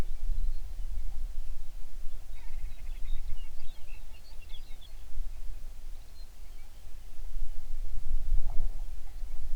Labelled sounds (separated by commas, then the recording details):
songbird, grouse or ptarmigan
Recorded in the Prudhoe Bay oil fields, Alaska, on 11 June 2019 at 05:02
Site 21